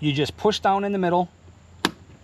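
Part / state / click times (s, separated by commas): plastic push-pin clip holding an interior trim panel / released / 1.8 s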